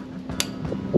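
A spring push-button tab on an indoor trampoline's leg or frame tube is lined up with the hole in the mating tube and pushed in. A sharp click at 0.4 s marks the tab snapping home, and the tab is seated.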